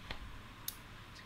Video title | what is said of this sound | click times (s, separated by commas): Phoibos Eagle Ray Compressor Review - the best Phoibos yet. | can you guys hear that so it has a very satisfying click as well | 0.1 s, 0.7 s